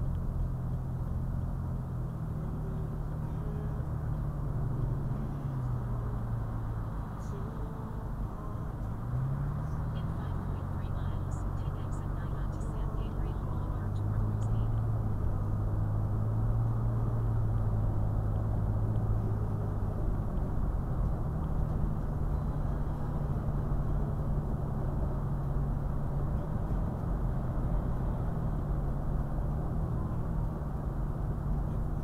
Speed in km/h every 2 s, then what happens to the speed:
48, 53, 55, 56, 58, 63, 66, 71, 74, 76, 77, 77, 76, 77, 77, 77.
0-17 speeds up to 76. 17-32 steady at about 77.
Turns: none.